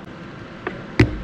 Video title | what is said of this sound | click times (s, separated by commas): How to Solder RC Plugs (XT90, XT60, Traxxas TRX, Deans, IC5, IC3, EC5, EC3, Redcat Banana). | until you hear that click | 1.0 s